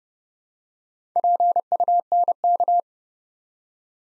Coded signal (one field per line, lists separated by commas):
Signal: Morse code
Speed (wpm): 30 wpm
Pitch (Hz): 700 Hz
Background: none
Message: PUNK